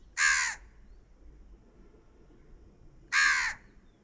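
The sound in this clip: Crow cawing: two harsh, hoarse caws about three seconds apart, with quiet background in between.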